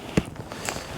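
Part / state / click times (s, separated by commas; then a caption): pump bag clip onto sleeping mattress valve / not seated / none. A pump bag's plastic fitting is handled at the inflation valve of a sleeping mattress, about to be pressed on firmly. There is a short sharp knock near 0.2 s and a fainter tick near 0.7 s over quiet rustling. Nothing has seated or clicked yet.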